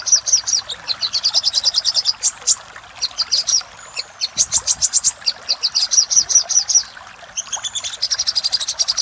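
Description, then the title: Little spiderhunter: bursts of high, rapid chipping notes in uneven runs, separated by short pauses. Master recording used for training cage birds. "Sogok Ontong Labaik"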